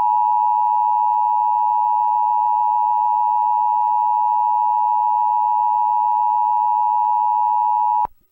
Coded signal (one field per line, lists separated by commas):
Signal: Emergency Alert System (SAME) tones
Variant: 853 and 960 Hz attention tone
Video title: EAS Scenario #10-La Garita rewakens